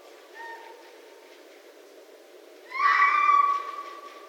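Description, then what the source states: Red fox giving a faint short cry, then after a pause a loud, harsh scream lasting about a second that trails off. Recorded in 2012.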